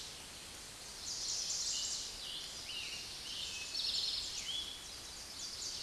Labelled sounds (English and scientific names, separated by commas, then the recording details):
Eastern Towhee (Pipilo erythrophthalmus) song
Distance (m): 40 m
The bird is about 5 m above the microphone
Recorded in a Pennsylvania forest on 16 May 2024 at 06:14
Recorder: AudioMoth, point MSD-0475
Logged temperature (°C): 12.3 °C
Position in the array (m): 110 m, 6 m